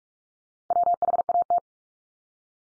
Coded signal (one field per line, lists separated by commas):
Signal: Morse code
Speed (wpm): 44 wpm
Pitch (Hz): 700 Hz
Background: none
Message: WHAT